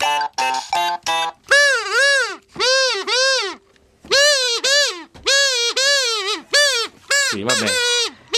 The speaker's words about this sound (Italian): Cos'è questo? Sembra un deficiente. No, ma scusami, è un uccello, no? È un uccello.